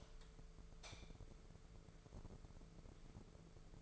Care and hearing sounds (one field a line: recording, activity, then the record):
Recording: daily activity, microphone in the room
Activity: light on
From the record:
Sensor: 5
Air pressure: 1014.8 hPa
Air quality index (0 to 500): 170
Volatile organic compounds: 6 ppm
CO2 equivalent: 1871 ppm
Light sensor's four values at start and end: 120/285/123/135 and 121/289/124/137